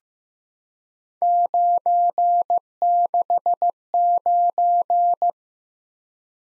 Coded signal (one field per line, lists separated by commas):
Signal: Morse code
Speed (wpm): 15 wpm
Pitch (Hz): 700 Hz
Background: none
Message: 969